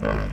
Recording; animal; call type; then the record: contact call of a hoofed animal; wild boar; grunt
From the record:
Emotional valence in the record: positive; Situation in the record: naturally occurring affiliative interactions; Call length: 0.33 s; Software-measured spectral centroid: 1260 Hz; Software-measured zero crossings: 850 a second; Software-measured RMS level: -24 dBFS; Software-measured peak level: -9 dBFS